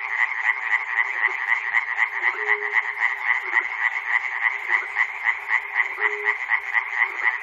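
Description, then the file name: Chorus of frogs, a steady fast rattle of croaks with sharp repeated notes and two brief low tonal calls. Frogs recorded at Chernobyl. "peter cusack-chernobyl frogs"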